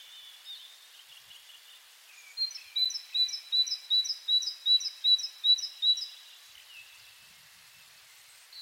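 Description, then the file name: Great tit song, a bright two-note 'teacher' phrase repeated about ten times in a quick regular series, preceded by softer high notes. "Parus major"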